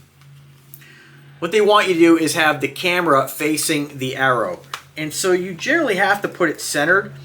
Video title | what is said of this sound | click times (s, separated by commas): Xbotgo Ai Gimbal Sports Tracker Review: The Ultimate Sports Companion | just to lock it into place here | 0.7 s